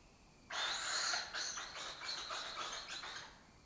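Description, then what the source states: Lesser kestrels calling, a sudden dense burst of harsh, scratchy chattering that runs for about three seconds before fading. Breeding colony occupying an abandoned building complex in Doñana, southern Europe; migratory birds that forage in West Africa and breed in southern Europe.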